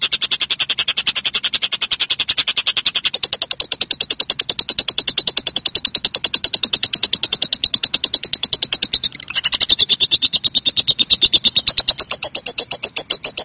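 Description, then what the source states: Lovebird chattering: a long, fast run of high, sharp chirps, with a brief break and a squeaky note late before the chatter resumes. Call style named konslet.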